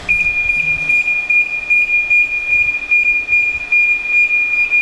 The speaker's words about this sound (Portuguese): É com este sinal de alarme que se tem acesso ao coração do ICNAS, uma porta imensa que demora mais de um minuto a abrir. São 22 toneladas, ela anda em carris como se fosse um comboio.